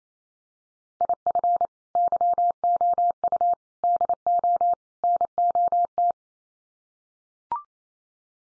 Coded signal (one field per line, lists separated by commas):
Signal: Morse code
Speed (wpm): 28 wpm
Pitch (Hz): 700 Hz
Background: none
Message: IF YOU DO NOT